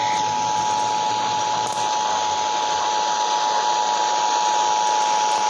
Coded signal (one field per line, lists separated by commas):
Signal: Emergency Alert System (SAME) tones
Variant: 853 and 960 Hz attention tone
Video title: EAS: Richmond, Virginia Required Monthly Test (6/17/20)(EAS #383)